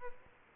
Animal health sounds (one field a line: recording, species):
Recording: mosquito wingbeat signal from an infrared sensor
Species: Aedes albopictus